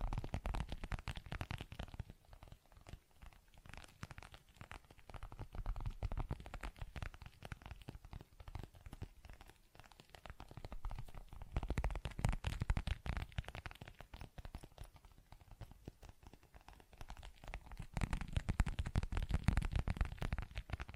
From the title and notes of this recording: ASMR Tapping, Scratching & Zipper Sounds.